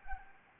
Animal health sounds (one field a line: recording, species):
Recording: mosquito wingbeat signal from an infrared sensor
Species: Anopheles arabiensis